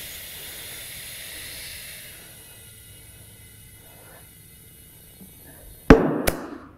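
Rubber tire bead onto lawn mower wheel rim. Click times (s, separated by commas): 5.9 s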